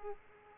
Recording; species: mosquito wingbeat signal from an infrared sensor; Aedes aegypti